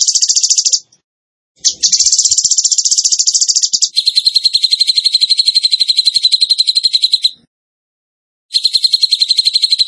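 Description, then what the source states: Bird song of fast, shrill trills: a short burst, then a long continuous rattling trill that shifts lower partway, a silent gap, and another trill. Masteran training recording in the tembakan gacor style.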